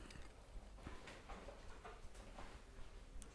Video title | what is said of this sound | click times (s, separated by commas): HOW TO - Installing 2015/2016 36 Volume Spacers | slide it on and it should just slide over and click into place | 3.2 s